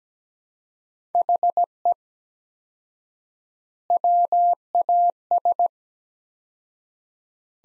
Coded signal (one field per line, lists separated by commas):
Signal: Morse code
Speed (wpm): 17 wpm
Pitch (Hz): 700 Hz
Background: none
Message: HE WAS